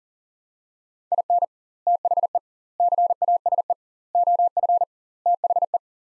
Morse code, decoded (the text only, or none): IN THE CASE OF THE